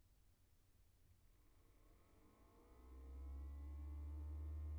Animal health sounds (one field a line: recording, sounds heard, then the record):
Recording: poultry house recording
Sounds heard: no chicken sound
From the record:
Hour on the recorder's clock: 17